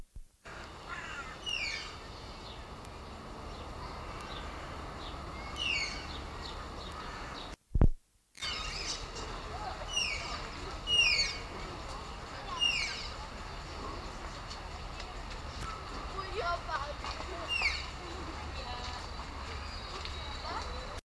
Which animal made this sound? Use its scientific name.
Tapirus indicus